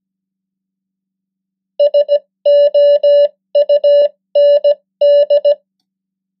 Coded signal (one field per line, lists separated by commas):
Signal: Morse code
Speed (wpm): 17 wpm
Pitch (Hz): 580 Hz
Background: none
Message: SOUND